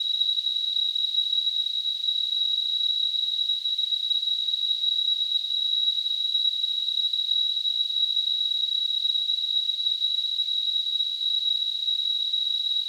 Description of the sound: Tinnitus.